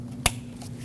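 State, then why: Seated. A plastic engine harness electrical connector is plugged onto the throttle body of a 2006-2015 Lexus IS250 after the bolts are tightened, during a knock sensor replacement. A single loud, sharp snap at 0.3 s shows the connector clicking in and seating, followed by a much fainter sound around 0.6 s over a steady low hum.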